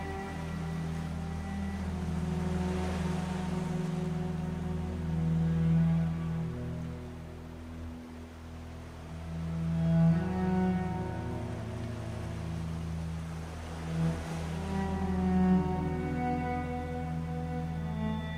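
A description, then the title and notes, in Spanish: Cello music over sea sounds: long, slow bowed notes held low and steady, shifting pitch every few seconds. Beneath them the sea rolls in soft swells, rising into louder washes around the third and fifteenth seconds before easing back. Cello by the sea. Muscia de cello con sonidos del mar.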